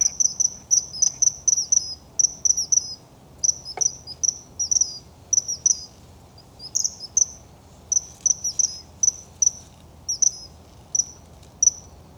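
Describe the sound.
Common kingfisher giving thin, shrill, high whistles, mostly in quick pairs and short runs, repeated steadily throughout over a soft low background hiss.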